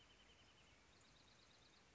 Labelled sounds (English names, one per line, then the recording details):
Bewick's Wren
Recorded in Sonoma County, California